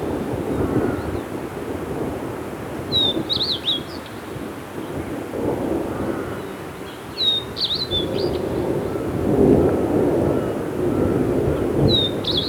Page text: White-Bellied Redstart Song. Quick Sounds